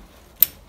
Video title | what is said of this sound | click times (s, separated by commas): Centec 2B mill overview on Workshop Wednesday | like that so it clicks into place and then you can't move this | 0.4 s